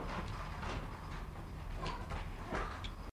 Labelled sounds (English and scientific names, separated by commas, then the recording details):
Clouded Leopard (Neofelis nebulosa)
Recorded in captivity
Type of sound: meow
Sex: male
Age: adult
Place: Tierpark Berlin, Berlin, DE
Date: 1960-03-26 14:00
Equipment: Reporter (Vollspur)
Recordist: Tembrock, Günter
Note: Nebelparder (bei Tembrock noch unter Panthera n. nebulosa): Maunzen. Abstand ca. 150 cm